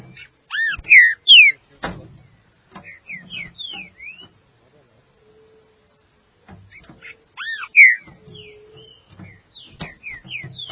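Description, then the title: Green-winged saltator song: two bursts of loud arched and slurred whistles separated by a near-silent gap, with light knocks and faint twitters. "Trinca Ferro"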